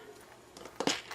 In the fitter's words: there we go that snaps so nice